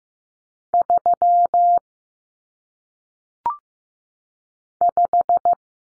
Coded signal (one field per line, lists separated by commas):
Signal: Morse code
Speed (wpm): 15 wpm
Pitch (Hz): 700 Hz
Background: none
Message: 3 5